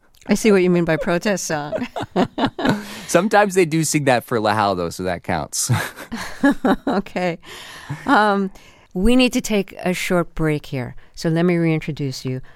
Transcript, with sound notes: I see what you mean by protest song.
(LAUGHTER)
Sometimes they do sing that for lahal, though, so that counts.
(LAUGHTER)
OK. We need to take a short break here, so let me reintroduce you.